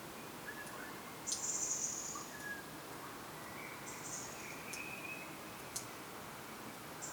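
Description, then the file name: European robin uttering one clear, high, thin drawn-out call and a fainter second one, against steady hiss and scattered soft lower notes. "Erithacus rubecula"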